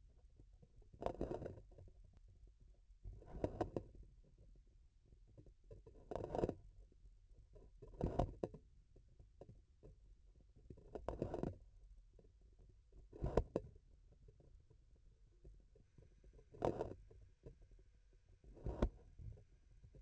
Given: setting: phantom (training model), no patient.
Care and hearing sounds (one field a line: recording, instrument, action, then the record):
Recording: laparoscopic instrument, vibration sensor on the handle end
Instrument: grasping forceps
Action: opening and closing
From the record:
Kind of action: tool actuation without material contact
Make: Olympus